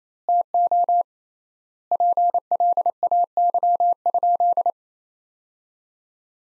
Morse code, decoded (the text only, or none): TO PLAY?